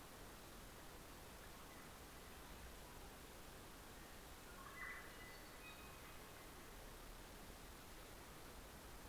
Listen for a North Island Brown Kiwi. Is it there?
no